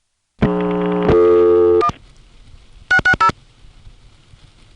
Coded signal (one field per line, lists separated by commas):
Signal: DTMF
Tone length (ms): 80 ms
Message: 1 660